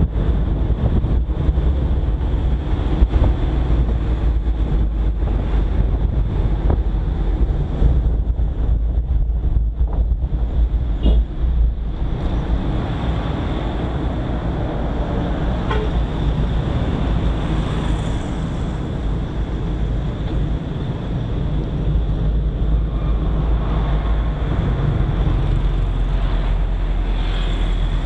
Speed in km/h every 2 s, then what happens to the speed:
71, 66, 51, 37, 28, 20, 14, 6, 2, 2, 0, 0, 0, 0.
0-16 brakes to 2. 16-28 standing.